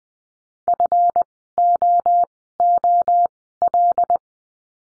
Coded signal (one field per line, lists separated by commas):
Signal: Morse code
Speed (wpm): 20 wpm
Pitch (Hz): 700 Hz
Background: none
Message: FOOL